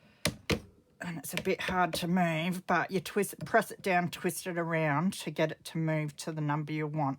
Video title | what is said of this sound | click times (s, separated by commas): Cinch, Rayher Binding Machine Tutorial | you press this thing down and it makes a clicky noise | 0.2 s, 0.5 s